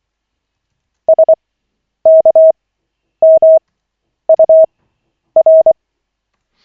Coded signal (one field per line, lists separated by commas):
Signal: Morse code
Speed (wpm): 24 wpm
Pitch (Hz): 640 Hz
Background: none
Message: SKMUR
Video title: Koch 5/40, 25.12.2024, 2nd CW practice session